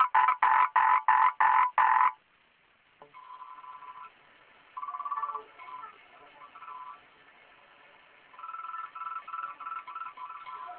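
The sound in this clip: Frog croaks: several loud rasping pulses, a brief gap, then grouped bursts of softer, rapidly repeated croaks.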